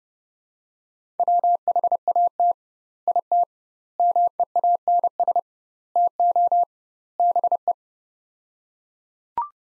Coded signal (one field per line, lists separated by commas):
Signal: Morse code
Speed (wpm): 30 wpm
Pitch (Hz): 700 Hz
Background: none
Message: WHAT IT MEANS TO BE